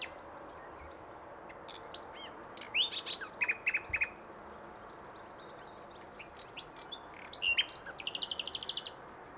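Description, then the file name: Common nightingale song phrases: separate upslurred whistles and sharp chips, short trills, and a dense rapid pulsing series toward the end over soft background hiss. "Luscinia megarhynchos"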